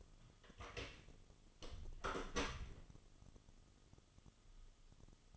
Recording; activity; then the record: daily activity, microphone in the room; close door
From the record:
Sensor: 4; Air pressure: 1005.8 hPa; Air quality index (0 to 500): 68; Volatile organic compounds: 1 ppm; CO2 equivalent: 812 ppm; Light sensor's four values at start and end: 13/30/12/11 and 14/31/12/11